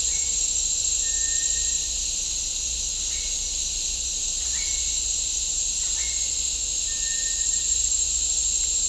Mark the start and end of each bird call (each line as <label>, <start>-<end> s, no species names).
bird call, 1.00-1.85 s
bird call, 3.09-3.29 s
bird call, 4.54-4.96 s
bird call, 5.92-6.24 s
bird call, 6.80-7.83 s